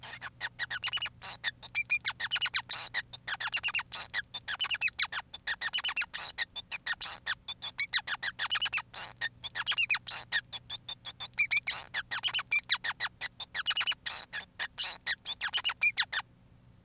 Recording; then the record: song of a male Bengalese finch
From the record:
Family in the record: son of father 5